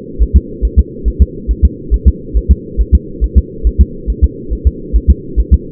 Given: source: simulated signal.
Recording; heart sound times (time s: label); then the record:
fetal heart sounds
0.22 s: S1
0.37 s: S2
0.65 s: S1
0.79 s: S2
1.08 s: S1
1.22 s: S2
1.51 s: S1
1.65 s: S2
1.94 s: S1
2.08 s: S2
2.37 s: S1
2.51 s: S2
2.81 s: S1
2.95 s: S2
3.24 s: S1
3.38 s: S2
3.67 s: S1
3.81 s: S2
4.10 s: S1
4.24 s: S2
4.53 s: S1
4.67 s: S2
4.96 s: S1
5.10 s: S2
5.40 s: S1
5.54 s: S2
From the record:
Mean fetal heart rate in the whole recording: 140 bpm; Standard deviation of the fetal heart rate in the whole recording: 2 bpm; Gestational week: 34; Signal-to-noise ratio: -4.3 dB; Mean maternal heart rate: 72 bpm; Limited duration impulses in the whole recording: absent